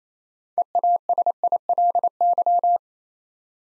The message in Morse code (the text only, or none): EASILY